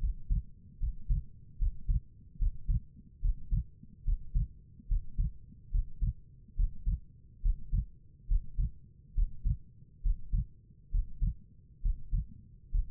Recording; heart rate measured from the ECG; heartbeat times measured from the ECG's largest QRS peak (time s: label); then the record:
heart sounds by stethoscope; 70 bpm
0.79 s: heartbeat
1.58 s: heartbeat
2.39 s: heartbeat
3.21 s: heartbeat
4.05 s: heartbeat
4.88 s: heartbeat
5.71 s: heartbeat
6.56 s: heartbeat
7.42 s: heartbeat
8.28 s: heartbeat
9.15 s: heartbeat
10.03 s: heartbeat
10.91 s: heartbeat
11.82 s: heartbeat
12.71 s: heartbeat
From the record:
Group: healthy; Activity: breath hold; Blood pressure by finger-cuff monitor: 90/59 mmHg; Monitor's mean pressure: 66 mmHg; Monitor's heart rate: 72 bpm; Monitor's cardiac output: 5.3 L/min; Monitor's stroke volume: 74 mL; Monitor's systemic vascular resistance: 880 dyn s/cm5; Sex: female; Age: 22 years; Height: 163 cm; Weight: 67.1 kg